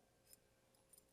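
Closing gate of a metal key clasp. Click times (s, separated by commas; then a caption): 0.3 s, 1.0 s. The gate of a forged metal key-holder clasp is closed, giving two short, faint, bright clicks at 0.3 s and 1.0 s over a quiet background. The clasp clicks shut and is secure.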